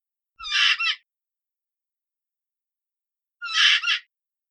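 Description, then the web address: Hyrax harsh, rasping calls: two bursts about three seconds apart, each a noisy squawk in two parts; quiet in between. "aswat Wabbar"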